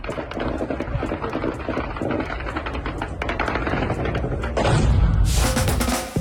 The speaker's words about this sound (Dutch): Het waren ontploffingen op de haven van Reni. Sinds het einde van de graandeal liggen havens aan de Zwarte Zee bijna dagelijks onder vuur.